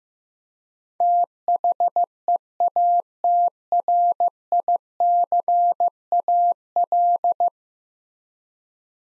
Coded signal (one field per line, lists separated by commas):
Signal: Morse code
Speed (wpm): 15 wpm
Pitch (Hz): 700 Hz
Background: none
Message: THEATRICAL